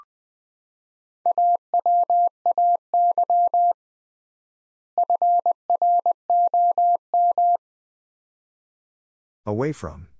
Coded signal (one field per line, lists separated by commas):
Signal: Morse code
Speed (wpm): 20 wpm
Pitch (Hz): 700 Hz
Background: none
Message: AWAY FROM